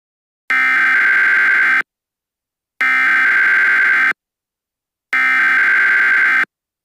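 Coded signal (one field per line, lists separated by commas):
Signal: Emergency Alert System (SAME) tones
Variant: header bursts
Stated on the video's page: Fictional EAS scenario themed on the film Turning Red.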